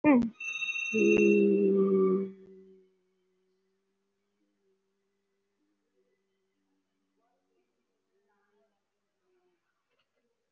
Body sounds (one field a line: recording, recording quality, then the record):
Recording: sustained vowel as in beet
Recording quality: excellent, no background noise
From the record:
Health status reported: COVID-19 positive, moderate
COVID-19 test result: positive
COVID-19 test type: RT-PCR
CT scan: taken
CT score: 3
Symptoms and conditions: cough, cold, sore throat, fever, muscle pain, loss of smell and taste, another respiratory illness, hypertension, another condition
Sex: female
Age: 60 years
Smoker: no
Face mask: worn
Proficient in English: no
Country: India